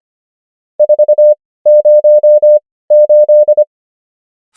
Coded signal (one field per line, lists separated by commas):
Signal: Morse code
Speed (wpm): 25 wpm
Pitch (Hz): 600 Hz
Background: none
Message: 408